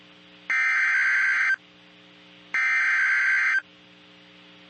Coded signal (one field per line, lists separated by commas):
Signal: Emergency Alert System (SAME) tones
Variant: header bursts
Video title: Intellistar 1 SD & WXScan with Emergency Alert System - Dallas/Fort Worth, TX (3/2/23)